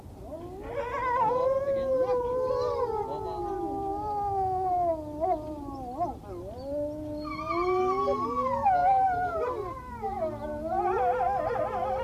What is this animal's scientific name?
Canis lupus